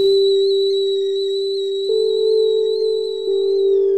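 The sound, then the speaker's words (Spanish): A kettle whistles as its water boils, a steady, piercing tone held for the whole stretch, with two small jumps in pitch and loudness partway through and no voices. “silba la pava y me avisa algo más que su hervor.”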